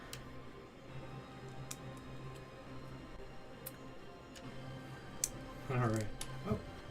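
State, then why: Not seated. A plastic brick is pressed onto the hat of a BrickHeadz 40477 Scrooge McDuck, Huey, Dewey and Louie figure but does not snap onto the studs, so nothing has clicked or seated yet. Faint ticks and clicks sound at about 0.1, 1.7, 3.7 and 5.2 seconds over a steady low hum, and someone talks near the end.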